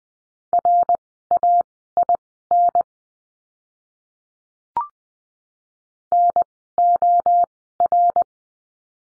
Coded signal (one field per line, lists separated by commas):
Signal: Morse code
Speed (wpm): 20 wpm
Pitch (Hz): 700 Hz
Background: none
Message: RAIN NOR